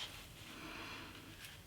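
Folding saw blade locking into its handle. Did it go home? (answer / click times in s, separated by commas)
no / none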